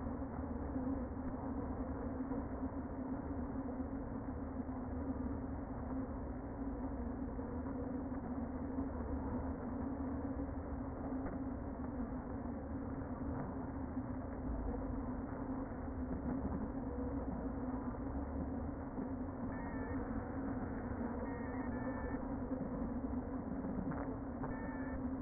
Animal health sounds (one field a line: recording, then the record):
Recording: honeybee colony, microphone inside the hive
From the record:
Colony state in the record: queen present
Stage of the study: before two queens were removed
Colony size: about 60,000 bees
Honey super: yes